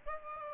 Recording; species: mosquito wingbeat signal from an infrared sensor; Aedes aegypti